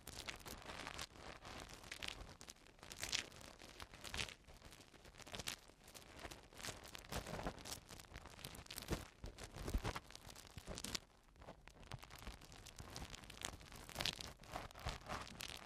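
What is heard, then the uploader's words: Eardrum cleaning sounds: a dense, crackling, scratchy rustle that runs the whole time, a bit like rain pattering. Sharper louder bursts stand out around 3, 9 to 10 and 14 seconds, with a brief quieter gap near 11 seconds. Eardrum Cleaning (No Talking).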